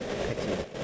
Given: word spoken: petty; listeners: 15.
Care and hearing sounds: one English word in noise, from a listening test; noise modulated by three-talker babble; -5.5 dB; 2 of 15; 10 of 15; 0.44 s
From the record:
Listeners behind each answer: 10, 2, 1, 1, 1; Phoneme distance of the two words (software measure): 10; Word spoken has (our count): 2 syllables, 4 phonemes, stress on syllable 1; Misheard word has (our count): 2 syllables, 4 phonemes, stress on syllable 1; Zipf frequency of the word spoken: 3.67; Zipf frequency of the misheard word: 4.10

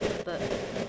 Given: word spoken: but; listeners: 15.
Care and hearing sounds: one English word in noise, from a listening test; noise modulated by three-talker babble; -5.7 dB; 1 of 15; 11 of 15; 0.50 s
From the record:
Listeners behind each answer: 11, 1, 1, 1, 1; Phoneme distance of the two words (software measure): 20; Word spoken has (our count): 1 syllable, 3 phonemes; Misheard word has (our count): 1 syllable, 3 phonemes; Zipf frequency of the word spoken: 6.76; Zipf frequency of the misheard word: 5.21

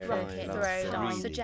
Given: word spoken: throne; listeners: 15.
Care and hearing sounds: one English word in noise, from a listening test; four-talker babble; -1.3 dB; 0 of 15; 9 of 15; 1.04 s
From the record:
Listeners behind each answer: 9, 1, 1, 1, 1, 1, 1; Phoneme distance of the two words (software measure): 7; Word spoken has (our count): 1 syllable, 4 phonemes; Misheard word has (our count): 1 syllable, 3 phonemes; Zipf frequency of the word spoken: 4.00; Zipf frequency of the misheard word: 4.88

